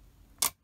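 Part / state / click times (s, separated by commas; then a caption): metal press plate onto magnetized base of letterpress unit / seated / 0.4 s. A metal press plate of a Spellbinders BetterPress letterpress system is lowered back onto its magnetized base. After quiet low-level noise, it snaps down with a sharp, bright metallic click at 0.4 seconds, followed by a brief ring. A second short click begins at the very end, and the plate is seated firmly on the base.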